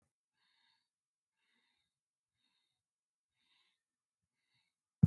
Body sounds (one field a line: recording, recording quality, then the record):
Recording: shallow breathing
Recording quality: excellent, no background noise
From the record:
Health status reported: healthy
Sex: female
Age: 38 years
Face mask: not worn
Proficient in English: yes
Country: India